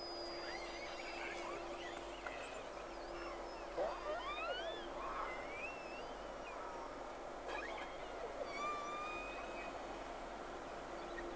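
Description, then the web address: Whale sounds, many thin rising and falling whistles overlapping at different pitches, with a few soft clicks and bursts, against continuous hiss and a steady low hum. Two whales, recorded 3 October 2006 at 11:30. "Sea Snake 10-3-06 Whales X 2"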